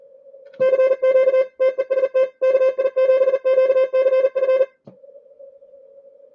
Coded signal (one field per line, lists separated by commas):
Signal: Morse code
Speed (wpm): 42 wpm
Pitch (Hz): 530 Hz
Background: none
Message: CQ TEST KI7QCF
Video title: ARRL Inter. DX Contest, CW